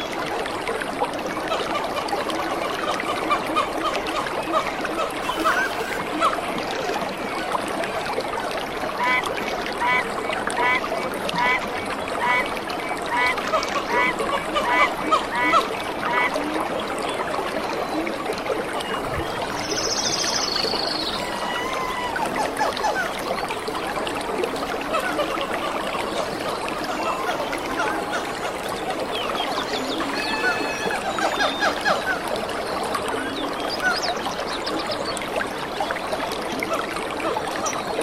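A dense rainforest chorus runs steadily throughout, with many overlapping calls and chirps packed into the middle and upper range. A bright, sharp call cuts through near twenty seconds, and rising trills appear around thirty seconds, over a constant low murmur.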